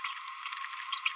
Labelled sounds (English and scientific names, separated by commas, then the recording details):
Green-rumped Parrotlet (Forpus passerinus) babbling
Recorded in a nest box in Venezuela
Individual 18B25A5